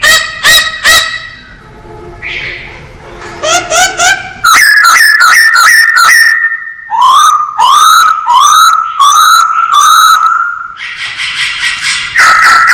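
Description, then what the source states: Masked laughingthrush: loud sharp notes, then runs of rising whistled notes repeated quickly, ending with a harsh rasping burst and a final whistle. Described as 'gacor', a bird-keepers' term for a bird in full, vigorous song.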